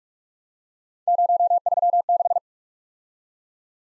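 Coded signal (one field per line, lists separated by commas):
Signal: Morse code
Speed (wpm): 51 wpm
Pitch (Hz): 700 Hz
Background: none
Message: 036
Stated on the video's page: Computer-generated Morse practice of three-character letter-number combinations, starting at 45 wpm and slowing to a base speed, with a final repeat at maximum speed.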